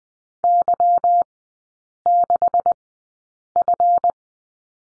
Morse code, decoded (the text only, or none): Y6F